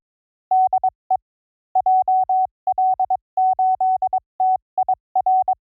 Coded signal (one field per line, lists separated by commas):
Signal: Morse code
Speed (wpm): 22 wpm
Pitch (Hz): 660 Hz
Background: none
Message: DE JL8TIR